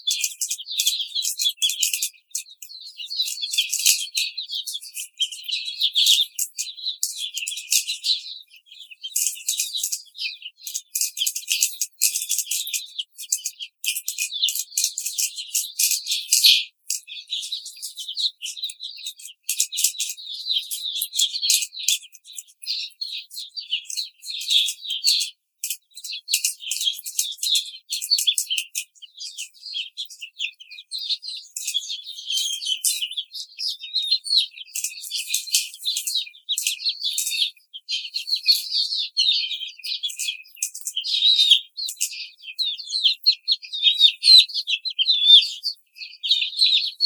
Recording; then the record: young laying hens in a cage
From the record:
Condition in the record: treatment cage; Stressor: simulated dog barking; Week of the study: 5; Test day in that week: 1